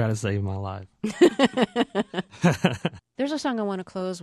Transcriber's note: laughter